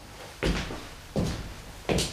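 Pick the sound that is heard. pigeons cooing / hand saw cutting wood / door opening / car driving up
door opening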